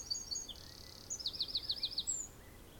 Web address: pdsounds sounds bird sings in the afternoon